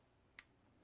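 The steel blade of a G10-handled Spyderco Tenacious folding knife is opened and gives a single short, sharp click at 0.4 s over a quiet background. The blade catches and stops at about three-quarter open, short of its full lock.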